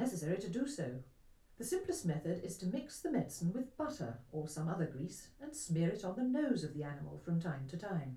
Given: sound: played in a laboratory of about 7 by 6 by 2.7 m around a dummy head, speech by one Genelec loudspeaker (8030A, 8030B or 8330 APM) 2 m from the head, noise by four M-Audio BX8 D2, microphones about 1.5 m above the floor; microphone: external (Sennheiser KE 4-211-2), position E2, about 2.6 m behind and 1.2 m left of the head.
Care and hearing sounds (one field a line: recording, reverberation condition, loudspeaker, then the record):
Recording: female speech in English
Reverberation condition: low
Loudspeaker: 120 degrees to the right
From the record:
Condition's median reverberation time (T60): about 310 ms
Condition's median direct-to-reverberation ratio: about 3.5 dB